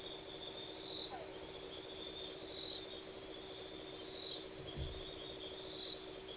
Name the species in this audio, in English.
none